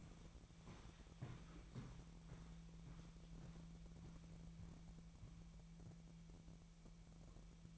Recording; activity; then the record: daily activity, microphone in the room; walk to room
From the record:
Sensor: 1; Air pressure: 1012.3 hPa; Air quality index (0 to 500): 192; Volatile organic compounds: 4 ppm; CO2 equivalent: 1547 ppm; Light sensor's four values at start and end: 82/194/83/88 and 84/201/85/90